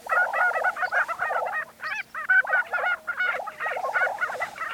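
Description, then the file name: Lesser prairie chicken group calling: dense gobbling and clucking notes overlap, broken by short arched yelps and a faint steady hum underneath. Recorded on 20 April 2013. "2013-04-20 Lesser Prairie Chicken"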